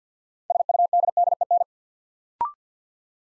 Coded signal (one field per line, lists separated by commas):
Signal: Morse code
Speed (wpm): 50 wpm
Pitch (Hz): 700 Hz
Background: none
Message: SUDDEN